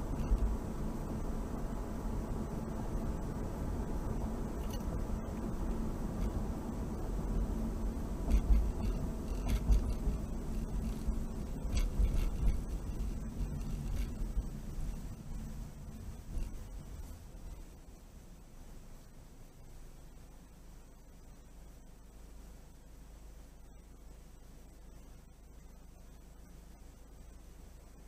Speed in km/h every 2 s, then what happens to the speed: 61, 61, 61, 53, 45, 39, 26, 15, 5, 0, 0, 0, 0, 0.
0-5 steady at about 61. 5-17 brakes to 0. 17-28 standing.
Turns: none.